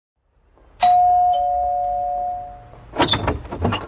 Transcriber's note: doorbell – door opens